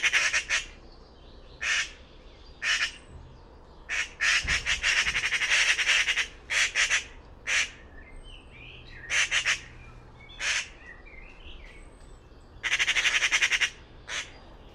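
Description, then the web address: Bird uttering scattered single rasping squawks and longer pulsed series, with faint twittering notes between. "Bird Only More Classes Pi Pi Pi Pi"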